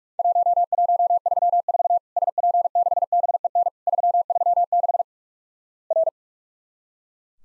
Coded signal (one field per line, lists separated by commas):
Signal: Morse code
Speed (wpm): 44 wpm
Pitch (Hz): 700 Hz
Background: none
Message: 1134 SP6BEN 336 R